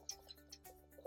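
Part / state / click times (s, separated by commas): screen cable connector into its socket behind the display mount / not seated / none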